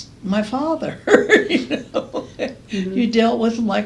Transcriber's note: laughs